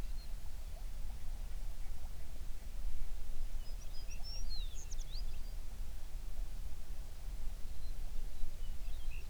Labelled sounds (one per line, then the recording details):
songbird
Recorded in the Prudhoe Bay oil fields, Alaska, on 11 June 2019 at 04:35
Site 21